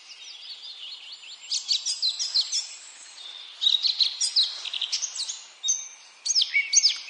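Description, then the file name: Eurasian blackcap song: rich, rapid warbling in bursts, mixing sweeping whistles and sharp notes, with brief quieter gaps between phrases. "Sylvia atricapilla"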